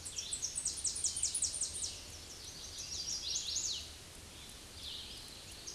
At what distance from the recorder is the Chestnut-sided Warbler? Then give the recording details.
about 25 m. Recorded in a Pennsylvania forest on 18 May 2023 at 09:04. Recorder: AudioMoth, point grid1_16_low. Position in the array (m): 213 m, 132 m